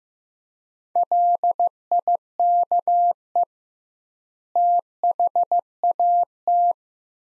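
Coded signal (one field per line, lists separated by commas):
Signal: Morse code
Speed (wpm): 15 wpm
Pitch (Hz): 700 Hz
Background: none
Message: LIKE THAT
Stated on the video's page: Morse practice of two-word sets at 15 wpm with 2x word spacing, a Farnsworth-like method for head-copying phrases.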